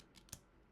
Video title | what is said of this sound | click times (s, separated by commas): Apple Watch Ultra 2 Black Unboxing and Comparison | there we go that clicks into place nicely and we'll do the other side | 0.3 s